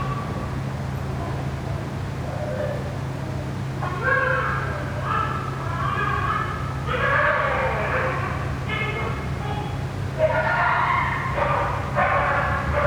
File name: a dog crying near a ventilation system